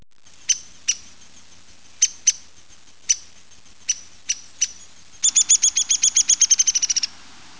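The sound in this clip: Woodpecker calls: several sharp, high notes spaced irregularly, then a fast run of many short notes that fades at the end.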